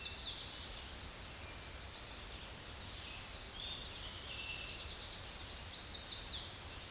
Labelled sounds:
Tennessee Warbler song
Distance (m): 15 m
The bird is about 10 m above the microphone
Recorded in a Pennsylvania forest on 16 May 2024 at 07:47
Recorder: AudioMoth, point MSD-1849
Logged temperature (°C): 12.1 °C
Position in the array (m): 33 m, 48 m

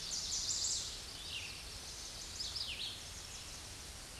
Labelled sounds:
Red-eyed Vireo song
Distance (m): 30 m
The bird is about 10 m above the microphone
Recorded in a Pennsylvania forest on 16 May 2024 at 07:48
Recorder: AudioMoth, point MSD-0475
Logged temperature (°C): 12.3 °C
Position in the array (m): 149 m, 29 m

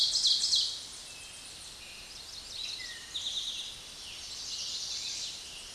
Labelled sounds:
Eastern Towhee song
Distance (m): 30 m
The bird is about 5 m above the microphone
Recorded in a Pennsylvania forest on 16 May 2024 at 06:01
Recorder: AudioMoth, point MSD-2058
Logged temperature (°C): 11.8 °C
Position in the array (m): 106 m, 7 m

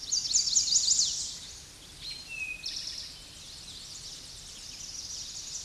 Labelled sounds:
Eastern Towhee song
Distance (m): 10 m
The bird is about 5 m above the microphone
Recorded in a Pennsylvania forest on 16 May 2024 at 08:21
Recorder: AudioMoth, point MSD-1405
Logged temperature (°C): 15.6 °C
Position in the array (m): 169 m, 190 m

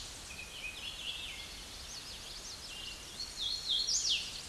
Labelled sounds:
Hooded Warbler song
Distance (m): 25 m
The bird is about 20 m above the microphone
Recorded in a Pennsylvania forest on 16 May 2024 at 07:44
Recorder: AudioMoth, point MSD-2181
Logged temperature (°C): 12.8 °C
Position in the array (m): 144 m, 119 m

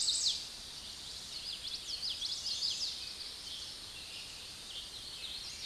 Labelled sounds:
Common Yellowthroat song
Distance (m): 25 m
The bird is about 5 m above the microphone
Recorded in a Pennsylvania forest on 16 May 2024 at 09:37
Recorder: AudioMoth, point MSD-2417
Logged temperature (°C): 16.4 °C
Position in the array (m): 90 m, 93 m

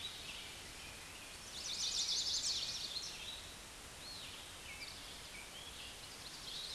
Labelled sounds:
Chestnut-sided Warbler song
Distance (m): 45 m
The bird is about 5 m above the microphone
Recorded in a Pennsylvania forest on 16 May 2024 at 08:54
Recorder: AudioMoth, point MSD-2258
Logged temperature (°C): 15.2 °C
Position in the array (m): 136 m, 123 m

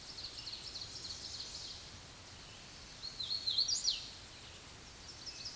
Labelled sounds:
Ovenbird song
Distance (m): 75 m
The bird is about 5 m above the microphone
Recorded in a Pennsylvania forest on 16 May 2024 at 06:45
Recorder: AudioMoth, point MSD-1892
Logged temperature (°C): 14.5 °C
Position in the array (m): 81 m, 28 m

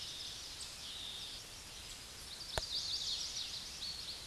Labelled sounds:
Chestnut-sided Warbler song
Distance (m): 45 m
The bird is about 5 m above the microphone
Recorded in a Pennsylvania forest on 16 May 2024 at 08:51
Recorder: AudioMoth, point MSD-1035
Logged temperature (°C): 16.3 °C
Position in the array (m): 200 m, 85 m

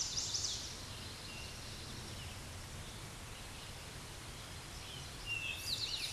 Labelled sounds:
Eastern Towhee song
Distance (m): 5 m
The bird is about level with the microphone
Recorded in a Pennsylvania forest on 16 May 2024 at 09:48
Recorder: AudioMoth, point MSD-1368
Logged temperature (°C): 12.5 °C
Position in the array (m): 3 m, 44 m

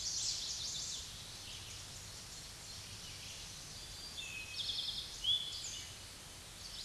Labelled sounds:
Eastern Towhee song
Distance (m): 40 m
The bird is about level with the microphone
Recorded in a Pennsylvania forest on 16 May 2024 at 06:09
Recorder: AudioMoth, point MSD-2376
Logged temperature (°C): 16.7 °C
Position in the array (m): 106 m, 6 m

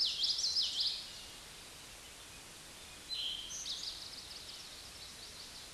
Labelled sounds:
Eastern Towhee song
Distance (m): 15 m
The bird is about 5 m above the microphone
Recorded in a Pennsylvania forest on 16 May 2024 at 09:09
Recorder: AudioMoth, point MSD-1418
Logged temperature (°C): 16.4 °C
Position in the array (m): 203 m, 176 m

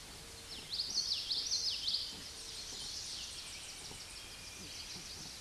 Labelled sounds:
Common Yellowthroat song
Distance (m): 20 m
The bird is about 10 m above the microphone
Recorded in a Pennsylvania forest on 16 May 2024 at 09:29
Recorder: AudioMoth, point MSD-1342
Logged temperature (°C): 15.5 °C
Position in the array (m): 216 m, 198 m

